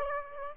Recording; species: mosquito wingbeat signal from an infrared sensor; Aedes aegypti